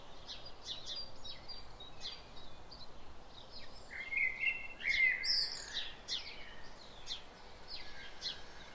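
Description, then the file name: Common blackbird with a short pair of fluty phrases near the middle, amid scattered high chirps from other birds. "Turdus merula"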